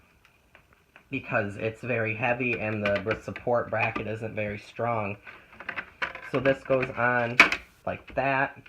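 A plastic support piece is fitted onto the support bracket of a Hoover Premier Pet Powered Reach upright vacuum, which is heavy and has a bracket that isn't very strong. Someone talks while faint handling taps and knocks are heard. Nothing has seated or clicked yet by the end of the clip.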